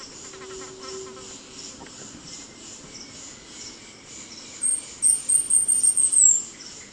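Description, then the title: São Francisco sparrow giving a very high, thin trill of rapid repeated notes that ends with a falling slur, over a steady hum of insects. "LuckyPassaro Completos2Sama. Sao Francisco Sparrow (Arremon franciscanus)"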